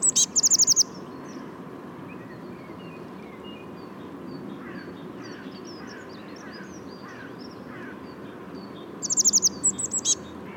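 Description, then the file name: Eurasian blue tit calls: a quick high burst at the start, faint scattered twitters in the middle, then another rapid high burst near the end. "Cyanistes caeruleus"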